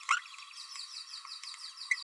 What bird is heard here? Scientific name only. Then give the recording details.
Forpus passerinus. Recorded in a nest box in Venezuela. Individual 18B12A3